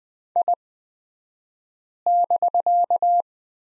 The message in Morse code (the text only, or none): I<BK>